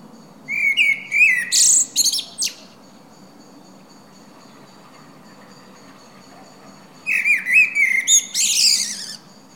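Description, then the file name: Common blackbird song in two phrases several seconds apart. Each is a low, fluty warble running into a burst of shrill, squeaky twitters. "Turdus merula"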